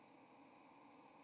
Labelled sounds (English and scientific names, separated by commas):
White-throated Sparrow (Zonotrichia albicollis) flight call